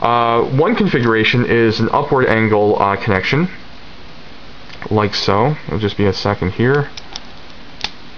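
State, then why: Seated. A wing accessory is fitted into the backpack of a robot action figure in the upward-angled configuration while someone talks. After a quiet pause, two sharp ticks are heard at 7.2 s and 7.8 s as the wing seats properly into its mount.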